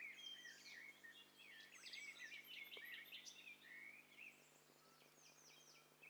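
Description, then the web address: Several birds singing and calling at once, a dense tangle of whistled notes, trills and chirps that thins out toward the end. Mixture of several birds, in stereo. "STEREO BIRD COCKTAIL PARTY"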